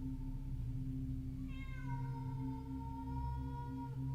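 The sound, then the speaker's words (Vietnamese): A long, wavering cat yowl rises out of a steady low hum and holds for several seconds, its drawn-out wail sliding slightly in pitch like a cat in heat. “Những tiếng kêu ma quái vang lên, cứ như là lúc lũ mèo đang trong thời kỳ động đực.”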